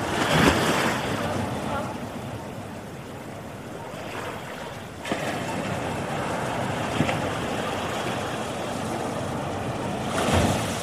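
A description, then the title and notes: Ocean waves wash in a steady, dense roar across the whole clip, with fuller surges near the start, around the five-second mark, and again near the end. A few brief bursts rise above the churn, possibly sea lion calls, though none stand out clearly. Ocean Waves with Sea Lions in Distance.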